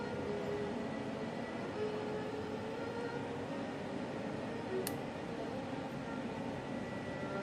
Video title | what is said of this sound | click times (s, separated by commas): Tamiya M1A2 rc tank build series part 4 | right you know that it's in there when you hear it go click | 4.9 s